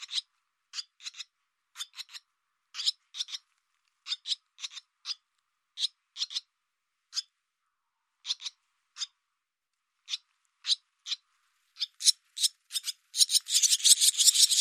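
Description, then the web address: Barn swallow calls: short, dry, clicking notes spaced irregularly, then a burst of dense, rough sound at the end. "cianscape birddata Deverinetal 2025"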